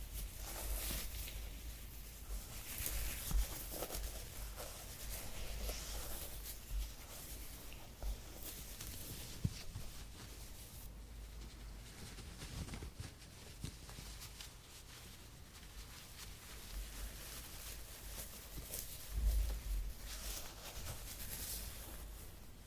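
Creamy products are rubbed and massaged in a steady stream of wet, crackling squishes and sticky clicks, with a louder burst around nineteen seconds.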